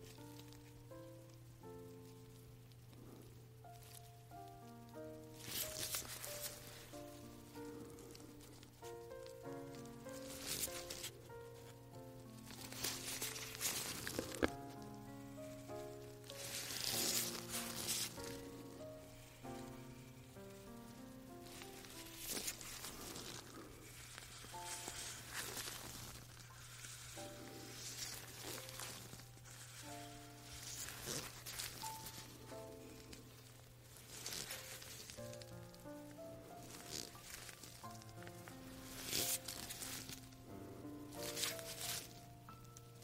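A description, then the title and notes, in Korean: Latex-gloved hands move and rub in bursts of crinkly, rubbery rustling every few seconds, with brighter, sharper swipes around the middle. A steady low hum runs throughout, and soft sustained melodic tones drift underneath the whole time. ASMR 잠이 오는 라텍스 장갑 핸드 무브먼트 l hand movement asmr.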